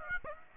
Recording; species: mosquito wingbeat signal from an infrared sensor; Aedes aegypti